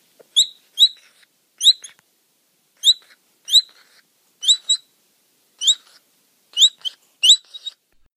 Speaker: Oh, and this is what a baby capybara sounds like.